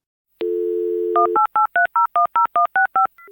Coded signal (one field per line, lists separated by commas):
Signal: DTMF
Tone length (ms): 120 ms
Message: 1883010165